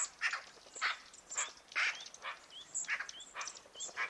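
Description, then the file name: Eurasian magpie giving several harsh, grating notes; another bird's short rising whistles and high ticks in the background. "Pica pica"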